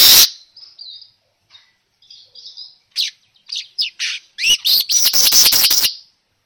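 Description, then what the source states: Weaver song: soft high chirps and short notes building into a loud, buzzy, rapid chatter of squeaky repeated notes near the end. Lure sound for a weaver, described as gacor, meaning singing loudly and continuously.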